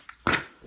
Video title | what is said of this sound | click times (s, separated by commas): Live Streaming Chair and Gaming Chair . | click like i just did | 0.3 s